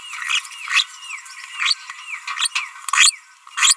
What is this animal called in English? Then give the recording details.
Green-rumped Parrotlet. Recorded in a nest box in Venezuela. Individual 18B25A5